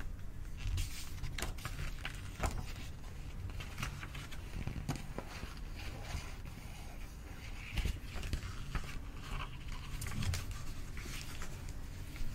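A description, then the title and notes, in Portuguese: Pages of a book being handled, with short crisp rustles and flicks scattered through the twelve seconds, the sharpest near 2.5, 5, 8 and 10 seconds. A steady low rumble runs underneath the whole time. Aqui temos um ASMR brasileiro super relaxante com sons de folhas do lindo livro "Contos de Grimm".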